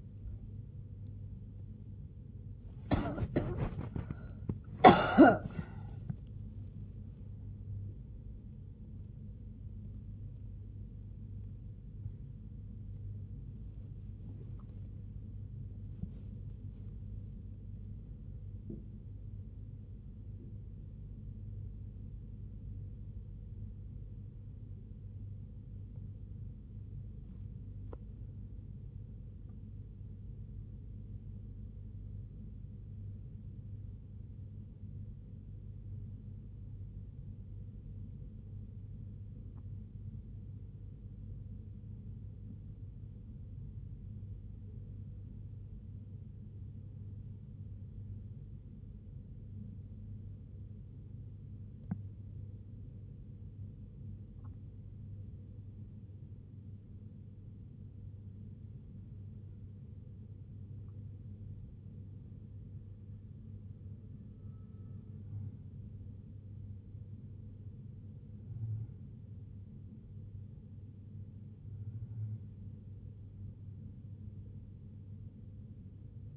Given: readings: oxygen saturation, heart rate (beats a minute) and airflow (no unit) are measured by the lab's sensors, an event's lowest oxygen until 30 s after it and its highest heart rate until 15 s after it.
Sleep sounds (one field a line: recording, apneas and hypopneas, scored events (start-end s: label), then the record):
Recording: a person awake in a sleep study, by a smartphone at the bedside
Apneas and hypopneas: 1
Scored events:
0.00-55.00 s: awake
25.00-51.80 s: hypopnea (scored as awake, oxygen 98% highest, then 93% lowest, heart rate 75 at the start, 76 highest)
41.00-76.37 s: new sleep stage, N1 (lightest sleep)
From the record:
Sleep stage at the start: awake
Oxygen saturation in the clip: 93 to 98%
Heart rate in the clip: 58 to 90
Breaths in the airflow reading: 20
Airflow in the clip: -5.9 to 5.3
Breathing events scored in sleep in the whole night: 51 in 8.9 hours asleep